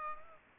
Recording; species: mosquito wingbeat signal from an infrared sensor; Culex pipiens